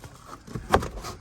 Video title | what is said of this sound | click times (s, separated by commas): I INSTALLED A STARLIGHT KIT/SUEDE HEADLINER ON MY HELLCAT 300 | yep see like you can just hear it un snapping and just be | 0.7 s